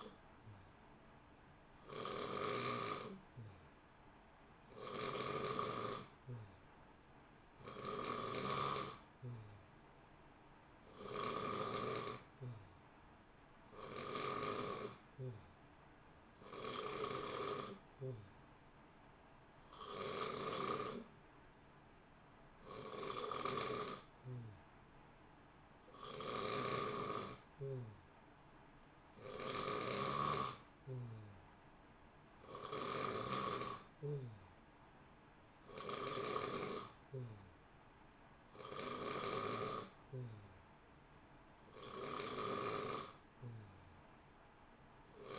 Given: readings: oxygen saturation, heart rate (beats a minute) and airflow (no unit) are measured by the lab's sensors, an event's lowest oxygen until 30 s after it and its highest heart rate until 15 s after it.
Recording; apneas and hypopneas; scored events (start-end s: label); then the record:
breathing in sleep by a voice recorder at the bedside; none
11.00-41.00 s: new sleep stage, N3 (deep sleep)
41.00-45.39 s: new sleep stage, N2 (light sleep)
From the record:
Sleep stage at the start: N2 (light sleep); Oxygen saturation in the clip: 89 to 91%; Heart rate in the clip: 61 to 65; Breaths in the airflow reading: 16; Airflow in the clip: -0.9 to 0.8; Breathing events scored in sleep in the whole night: 328 in 6.3 hours asleep